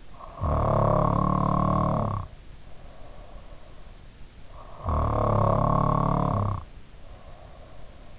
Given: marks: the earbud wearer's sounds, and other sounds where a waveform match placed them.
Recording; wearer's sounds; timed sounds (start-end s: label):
sounds in sleep by an in-ear microphone; snoring breath
0.08-3.68 s: snoring breath
4.60-8.19 s: snoring breath